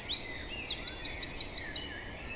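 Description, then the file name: Eurasian wren singing a rapid, high-pitched series of crisp repeated notes and short trills for about two seconds, then trailing off into soft background noise. "Troglodytes troglodytes"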